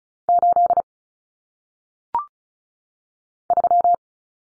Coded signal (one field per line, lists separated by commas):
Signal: Morse code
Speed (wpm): 35 wpm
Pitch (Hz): 700 Hz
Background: none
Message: 8 3